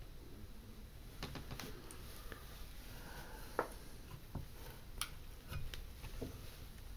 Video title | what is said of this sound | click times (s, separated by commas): Upgrading Intermountain GEVO Locomotive Sound | okay once you get it started in there just press it in and that will snap right into place okay it's secure now | 5.0 s